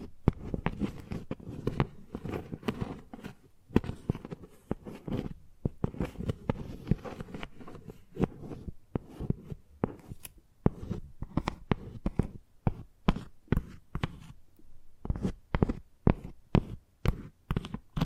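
Chalk taps and scratches against a hard surface in quick, irregular bursts, each hit a short dry click with a low thud beneath. The strokes crowd together early on, thin out with brief pauses around ten and fifteen seconds, then return in sharper, spaced taps.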